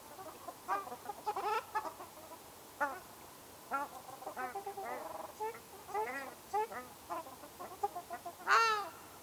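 Ruddy shelduck giving nasal, trumpeting honks, single notes and quick doubled calls scattered throughout, a louder honk near the end.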